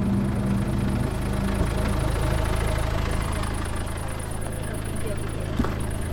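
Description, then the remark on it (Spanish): A car engine idles as the car is about to be filled with petrol, with a steady, low rumbling hum that holds an even level throughout, joined by a faint high-pitched pulsing whine above it. “Voy a echarle gasolina al coche.”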